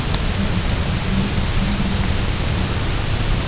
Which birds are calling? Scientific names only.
none